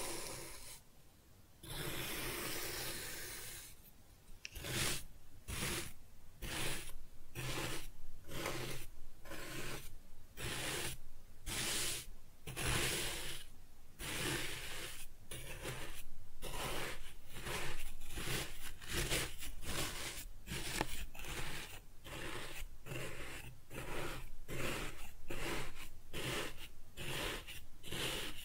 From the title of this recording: Kinetic Sand Cutting and Scooping Sounds